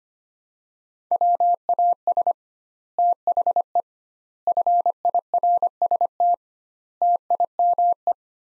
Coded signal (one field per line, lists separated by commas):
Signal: Morse code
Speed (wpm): 25 wpm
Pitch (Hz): 700 Hz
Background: none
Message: WAS THE FIRST TIME